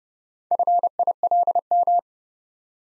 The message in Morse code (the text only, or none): FILM